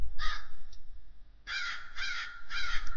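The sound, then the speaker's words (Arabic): A crow caws harshly four times, one short call first, then three loud, raspy caws in a steady rhythm, with a low background hum and no voices. “بقالي أكتر من شهر بصحى على صوت غراب.”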